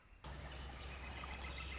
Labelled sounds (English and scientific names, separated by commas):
Northern Flicker (Colaptes auratus)